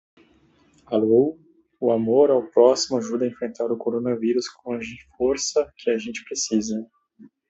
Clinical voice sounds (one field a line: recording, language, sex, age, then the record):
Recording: spoken sentence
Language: Brazilian Portuguese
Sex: male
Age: 30 to 39 years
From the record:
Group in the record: control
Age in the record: 34 years